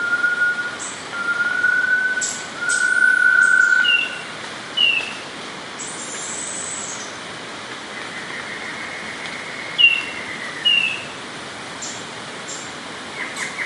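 Squirrel monkeys with drawn-out tones at first, then a few scattered brief, sharp squeaks that fall in pitch.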